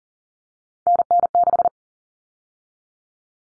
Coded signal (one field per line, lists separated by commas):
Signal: Morse code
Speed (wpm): 40 wpm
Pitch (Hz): 700 Hz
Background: none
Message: NN6